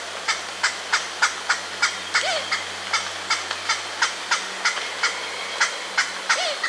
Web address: Natures Songs S America Mammals of the Rainforest Red-tailed squirrel